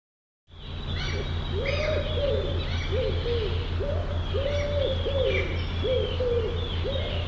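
Bird calls: soft hooting coos in paired and grouped phrases, uneven in spacing, over a steady low hum with faint high calls.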